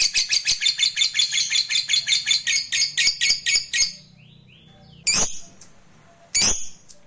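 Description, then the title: Lovebird chatters in a quick, harsh trill for about four seconds, stops, then gives two short, sharp squawks after a pause. Fighter-type lovebird giving a long ngekek trill. "Suara Lovebird FIGHTER NGEKEK PANJANG"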